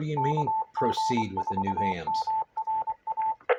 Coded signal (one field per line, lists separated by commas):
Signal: Morse code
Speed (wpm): 24 wpm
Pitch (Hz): 880 Hz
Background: speech, radio noise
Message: KG4MRA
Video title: RATS UHF and New Hams ragchew nets November 12th 2025